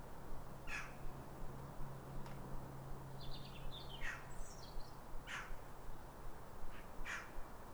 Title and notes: Sound Escape 150: Be uplifted by a chorus of New Year's robins. A pair of robins in neighbouring gardens welcome the early sun with wistful phrases as if chatting over the fence. BBC Countryfile Magazine. Recorded by Fergus Collins